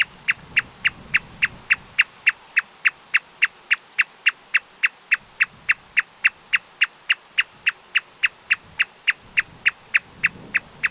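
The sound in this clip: Marsh Tapaculo producing a long uniform run of staccato notes, about three or four each second, continuing evenly for the whole stretch with little else heard.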